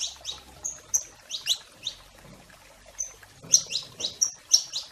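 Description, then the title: Domestic canary song of bright, high chirps and thin whistled notes in irregular runs, livelier toward the end. "Kenari Portugis"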